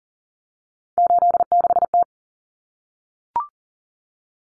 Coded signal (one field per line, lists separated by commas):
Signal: Morse code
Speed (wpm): 40 wpm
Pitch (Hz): 700 Hz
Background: none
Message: 86T